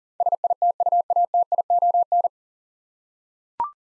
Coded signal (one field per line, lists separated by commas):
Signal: Morse code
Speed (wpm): 40 wpm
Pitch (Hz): 700 Hz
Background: none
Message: SITUATION